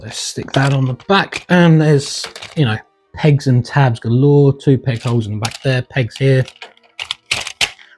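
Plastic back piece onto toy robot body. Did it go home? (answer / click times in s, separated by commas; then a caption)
yes / 7.1 s, 7.3 s. Someone talks while pressing a plastic back piece onto the pegs and tabs on the back of a Power Rangers Re-Ignition Megazord toy robot body. Two sharp plastic clicks land at 7.1 s and 7.3 s as the piece locks into place, firmly seated.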